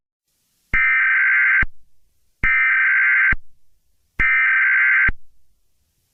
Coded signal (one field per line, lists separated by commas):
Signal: Emergency Alert System (SAME) tones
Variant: header bursts